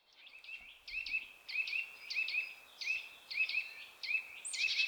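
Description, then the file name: Eurasian nuthatch calls: a quick series of short, sharp upslurred notes over soft background hiss. "Sitta europaea"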